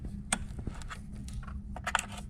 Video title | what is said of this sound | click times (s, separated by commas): J&L Oil Separator Co. 2018-2026 Jeep Wrangler JK; 2020-2026 Jeep Gladiator 3.6L Install 3069D | All that's left to do is to plug in the fittings. You'll hear it click. | 0.3 s, 1.9 s